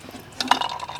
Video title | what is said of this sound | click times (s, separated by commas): Mini Jeep Wheel Swap! | snaps right into place | 0.5 s